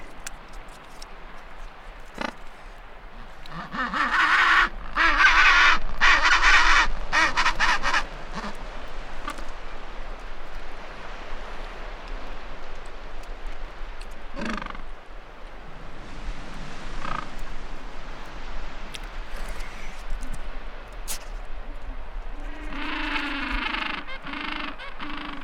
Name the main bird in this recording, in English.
Gentoo Penguin